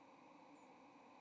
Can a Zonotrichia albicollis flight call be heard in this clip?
no